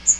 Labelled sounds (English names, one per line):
Magnolia Warbler flight call